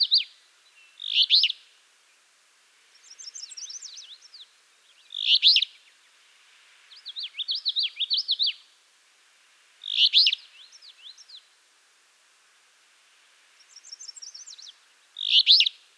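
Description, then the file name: Harsh, burry alder flycatcher phrases repeat roughly every four to five seconds, alternating with a busy, zigzagging trill from a second songbird. "Empidonax alnorum - Alder Flycatcher"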